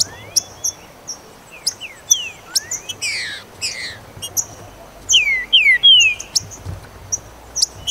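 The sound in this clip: Green-winged saltator giving a phrase of three loud slurred whistles after five seconds, preceded by sharp chips and buzzy notes.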